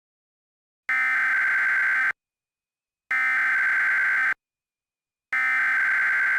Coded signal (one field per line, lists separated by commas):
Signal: Emergency Alert System (SAME) tones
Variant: header bursts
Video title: The Creature of Wind | EAS Mock #25